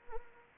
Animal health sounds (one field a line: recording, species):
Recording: mosquito wingbeat signal from an infrared sensor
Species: Anopheles arabiensis